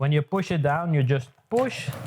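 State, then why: Not seated. A softbox support rod is pushed down with some force into the central hub of a collapsible Elinchrom Snaplux octabox light modifier while someone talks. The clip ends before the rod goes home, so nothing has seated or clicked yet.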